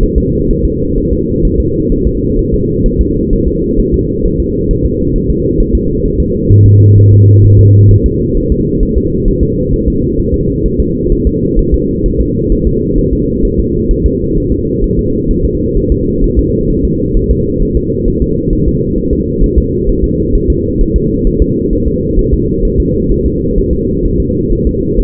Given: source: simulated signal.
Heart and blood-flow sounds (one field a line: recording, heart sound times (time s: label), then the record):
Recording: fetal heart sounds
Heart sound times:
0.03 s: S1
0.18 s: S2
0.51 s: S1
0.65 s: S2
0.98 s: S1
1.13 s: S2
1.45 s: S1
1.60 s: S2
1.92 s: S1
2.07 s: S2
2.39 s: S1
2.54 s: S2
2.86 s: S1
3.01 s: S2
3.33 s: S1
3.48 s: S2
3.79 s: S1
3.94 s: S2
4.25 s: S1
4.40 s: S2
4.71 s: S1
4.86 s: S2
5.16 s: S1
5.30 s: S2
5.60 s: S1
5.75 s: S2
6.05 s: S1
6.20 s: S2
6.51 s: S1
6.66 s: S2
6.98 s: S1
7.12 s: S2
7.45 s: S1
7.59 s: S2
7.91 s: S1
8.06 s: S2
8.37 s: S1
8.52 s: S2
8.83 s: S1
8.97 s: S2
9.28 s: S1
9.43 s: S2
9.73 s: S1
9.88 s: S2
10.19 s: S1
10.34 s: S2
10.66 s: S1
10.80 s: S2
11.12 s: S1
11.27 s: S2
11.59 s: S1
11.74 s: S2
12.06 s: S1
12.21 s: S2
12.52 s: S1
12.67 s: S2
12.99 s: S1
13.13 s: S2
13.45 s: S1
13.60 s: S2
13.91 s: S1
14.06 s: S2
14.38 s: S1
14.52 s: S2
14.84 s: S1
14.99 s: S2
15.31 s: S1
15.45 s: S2
15.77 s: S1
15.92 s: S2
16.24 s: S1
16.39 s: S2
16.70 s: S1
16.85 s: S2
17.17 s: S1
17.31 s: S2
17.62 s: S1
17.77 s: S2
18.08 s: S1
18.22 s: S2
18.53 s: S1
18.68 s: S2
18.98 s: S1
19.13 s: S2
19.44 s: S1
19.58 s: S2
19.89 s: S1
20.04 s: S2
20.35 s: S1
20.50 s: S2
20.81 s: S1
20.96 s: S2
21.27 s: S1
21.42 s: S2
21.73 s: S1
21.88 s: S2
22.19 s: S1
22.34 s: S2
22.65 s: S1
22.80 s: S2
23.12 s: S1
23.26 s: S2
23.58 s: S1
23.73 s: S2
24.05 s: S1
24.20 s: S2
24.52 s: S1
24.67 s: S2
25.00 s: S1
From the record:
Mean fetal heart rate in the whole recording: 130 bpm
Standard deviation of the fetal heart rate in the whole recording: 4 bpm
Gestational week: 38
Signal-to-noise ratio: -14.7 dB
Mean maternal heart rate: 72 bpm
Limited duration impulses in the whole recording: present